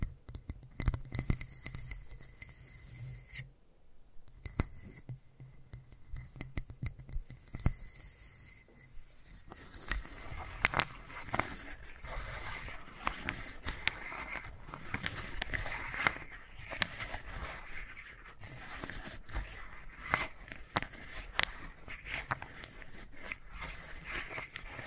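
Wooden ball triggers: sharp, bright clicks and taps land in irregular bursts, with a short quiet gap near four seconds. A low steady hum sits under the first nine seconds, then a denser, continuous rolling and rubbing texture takes over with taps.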